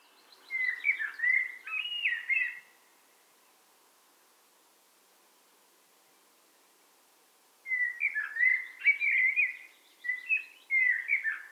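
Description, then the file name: Eurasian blackbird song: a warbled phrase with twittering notes, about five seconds of silence, then more warbled phrases. "Turdus merula"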